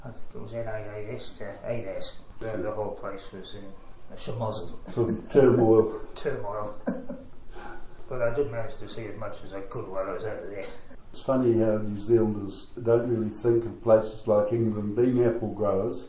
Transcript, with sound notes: I think it was NAAS to ADAS, so the whole place was in a shemozzle. Turmoil. Turmoil. [Chuckle] But I did manage to see as much as I could while I was over there. It’s funny how New Zealanders don’t really think of places like England being apple growers…